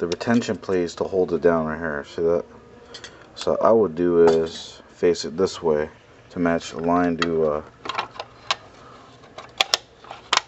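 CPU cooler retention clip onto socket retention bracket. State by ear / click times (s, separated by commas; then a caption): partly seated / 9.6 s, 9.7 s. Someone talks while pushing the retention clip of a SilenX EFZ-80HA3 80mm CPU cooler over the notch on the CPU socket's retention bracket. Sharp plastic/metal clicks are heard at 9.6 s and 9.7 s, with other light knocks around them. The clip latches only partly: it is secured a little but not yet fully.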